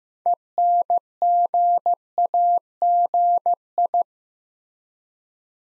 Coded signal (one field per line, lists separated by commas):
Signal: Morse code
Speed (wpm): 15 wpm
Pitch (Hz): 700 Hz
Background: none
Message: ENGAGI